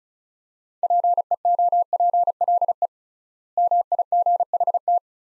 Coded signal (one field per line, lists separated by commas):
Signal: Morse code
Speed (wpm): 36 wpm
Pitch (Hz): 700 Hz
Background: none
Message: PEOPLE MIGHT